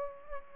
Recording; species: mosquito wingbeat signal from an infrared sensor; Aedes aegypti